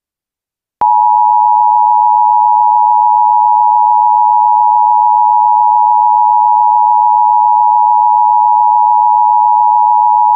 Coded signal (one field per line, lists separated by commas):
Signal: Emergency Alert System (SAME) tones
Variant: 853 and 960 Hz attention tone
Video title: The Creature: An EAS Scenario